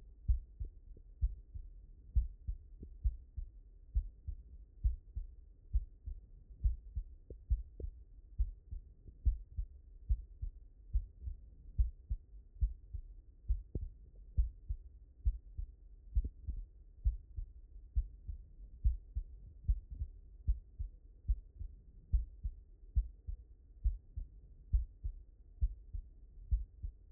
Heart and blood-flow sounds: heart sounds by stethoscope; mitral valve (MV)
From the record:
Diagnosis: non-HFrEF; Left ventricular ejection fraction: 65%

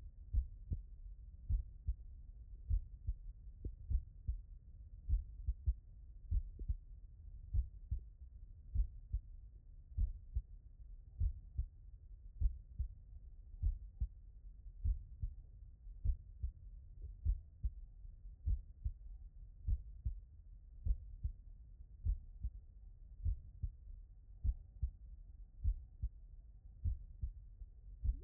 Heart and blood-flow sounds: heart sounds by stethoscope; tricuspid valve (TV)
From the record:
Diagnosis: non-HFrEF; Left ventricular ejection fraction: 64%

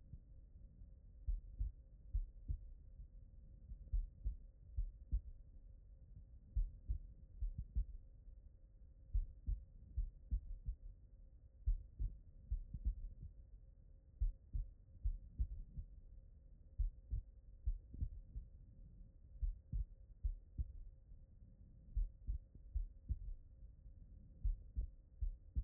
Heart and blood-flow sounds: heart sounds by stethoscope; pulmonary valve (PV)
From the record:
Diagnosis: non-HFrEF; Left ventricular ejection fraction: 55%

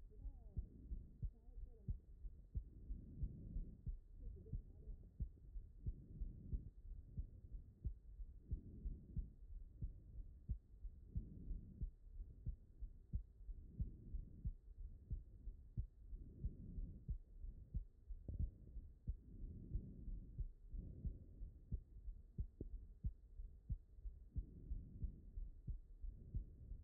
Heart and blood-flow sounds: heart sounds by stethoscope; aortic valve (AV)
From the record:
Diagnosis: non-HFrEF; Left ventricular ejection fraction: 48%

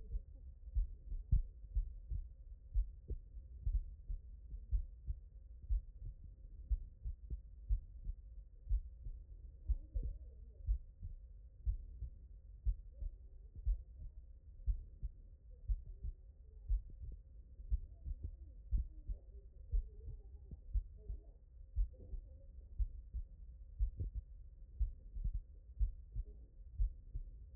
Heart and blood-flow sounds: heart sounds by stethoscope; tricuspid valve (TV)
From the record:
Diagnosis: non-HFrEF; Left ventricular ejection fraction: 71%

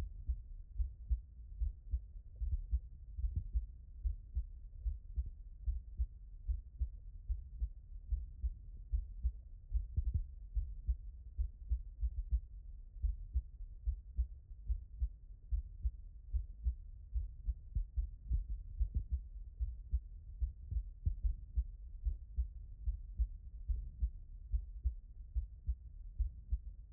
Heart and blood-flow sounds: heart sounds by stethoscope; tricuspid valve (TV)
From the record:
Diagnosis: non-HFrEF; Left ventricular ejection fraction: 65%

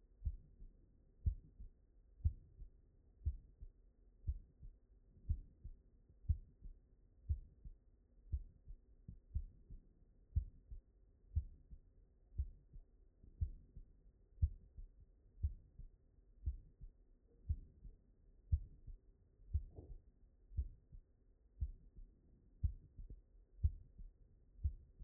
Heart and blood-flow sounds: heart sounds by stethoscope; mitral valve (MV)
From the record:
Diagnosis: non-HFrEF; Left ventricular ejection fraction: 69%

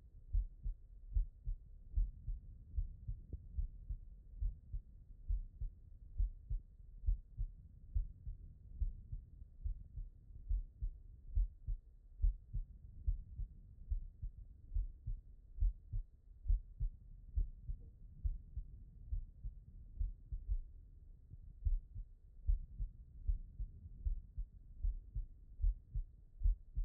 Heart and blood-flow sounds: heart sounds by stethoscope; pulmonary valve (PV)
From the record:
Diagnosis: non-HFrEF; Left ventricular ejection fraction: 75%

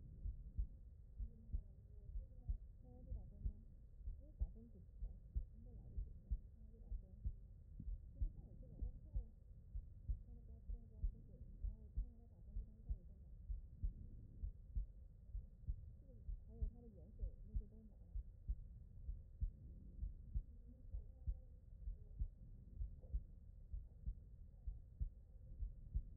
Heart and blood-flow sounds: heart sounds by stethoscope; pulmonary valve (PV)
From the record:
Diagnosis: non-HFrEF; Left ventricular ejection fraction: 59%

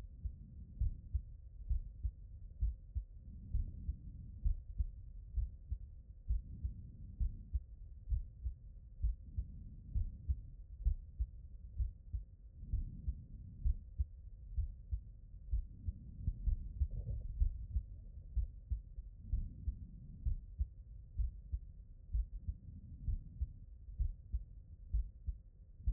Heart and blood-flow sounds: heart sounds by stethoscope; mitral valve (MV)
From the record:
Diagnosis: non-HFrEF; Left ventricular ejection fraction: 65%

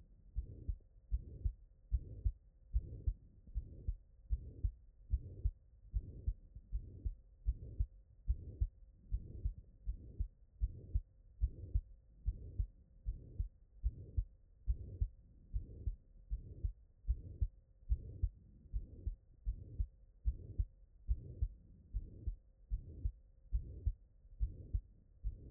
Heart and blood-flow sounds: heart sounds by stethoscope; tricuspid valve (TV)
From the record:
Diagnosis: non-HFrEF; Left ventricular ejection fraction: 60%

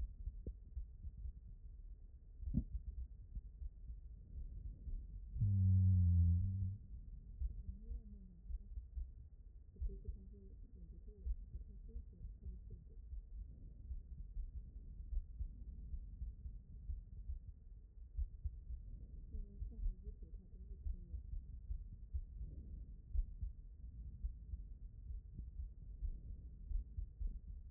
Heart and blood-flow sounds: heart sounds by stethoscope; aortic valve (AV)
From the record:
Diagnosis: non-HFrEF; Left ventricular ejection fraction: 44%

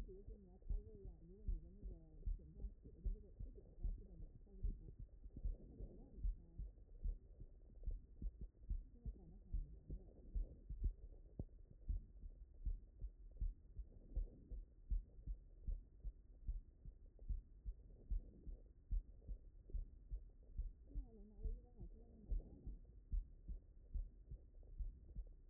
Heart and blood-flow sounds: heart sounds by stethoscope; mitral valve (MV)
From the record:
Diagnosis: non-HFrEF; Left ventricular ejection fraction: 68%

